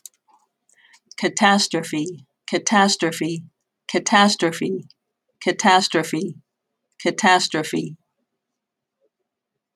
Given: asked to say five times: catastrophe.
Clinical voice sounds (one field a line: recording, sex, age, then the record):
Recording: repeated word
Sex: female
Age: 50 to 59 years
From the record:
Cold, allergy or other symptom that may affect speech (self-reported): no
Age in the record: 54 years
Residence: Pennsylvania, United States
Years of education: 16